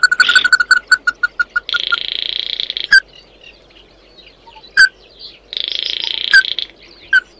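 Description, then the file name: Bird calls: a quick run of clipped notes, two long buzzy trilled bursts, and scattered sharp downslurred notes. "Tieng chim mat do"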